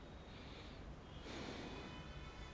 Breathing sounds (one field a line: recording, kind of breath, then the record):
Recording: one breath in and out by a microphone near the nose and mouth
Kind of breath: normal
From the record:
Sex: male